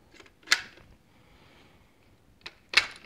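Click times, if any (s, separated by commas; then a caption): 0.5 s, 2.8 s. Two plastic car seat adapters, included with the Maxi-Cosi Adorra Luxe pushchair, are pushed onto the pushchair chassis one after the other. Each seats with a sharp click, at 0.5 s and 2.8 s, with fainter handling taps just before each. Both adapters are seated on the frame.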